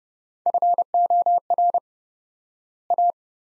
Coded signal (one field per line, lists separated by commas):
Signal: Morse code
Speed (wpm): 30 wpm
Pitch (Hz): 700 Hz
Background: none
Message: FOR A